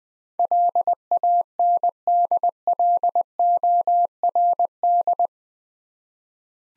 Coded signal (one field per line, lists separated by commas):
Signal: Morse code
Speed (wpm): 20 wpm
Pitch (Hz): 700 Hz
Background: none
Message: LANDLORD